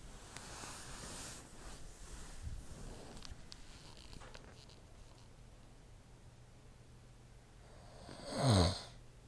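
A quiet room with soft breathing, then one loud, rough, low-pitched snore near the end from an adult man asleep in bed beside his partner. It is typical of ordinary sleep snoring.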